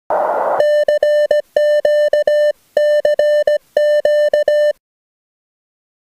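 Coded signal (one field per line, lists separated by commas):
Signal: Morse code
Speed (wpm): 17 wpm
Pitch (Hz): 600 Hz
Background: music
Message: CQCQ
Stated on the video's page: QRP CW contact from the beach with an Elecraft K1, MFJ mobile antenna on a homemade mount, and a homemade key.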